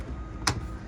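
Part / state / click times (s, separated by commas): seat cushion plug-in fastener into boat seat base / seated / 0.5 s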